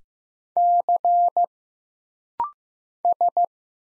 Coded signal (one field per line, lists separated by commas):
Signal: Morse code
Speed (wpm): 15 wpm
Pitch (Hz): 700 Hz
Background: none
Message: C S